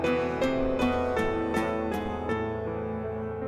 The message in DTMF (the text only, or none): none